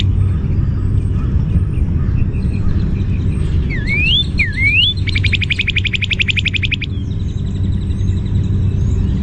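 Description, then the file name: Northern cardinal song: two upslurred whistles, then a fast trill lasting about two seconds, over a steady low rumble with faint other birds. "NOCA song"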